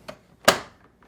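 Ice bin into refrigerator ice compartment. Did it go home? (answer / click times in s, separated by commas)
yes / 0.5 s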